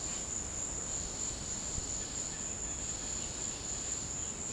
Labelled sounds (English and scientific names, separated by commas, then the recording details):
none
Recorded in secondary vegetation near Puerto Asís, Putumayo, Colombia, on 18 December 2024 at 17:00
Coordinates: 0.489, -76.322
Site G059